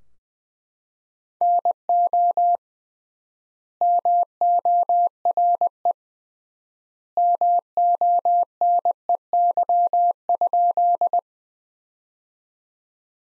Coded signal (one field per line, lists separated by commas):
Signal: Morse code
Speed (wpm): 21 wpm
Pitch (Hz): 700 Hz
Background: none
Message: NO MORE MONEY?